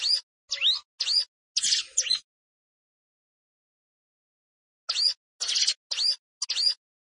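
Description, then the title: Plain prinia song: two bursts of quick, upslurred wheezy chirps, four or five notes each, separated by a long silent gap. "Ciblek Sawah"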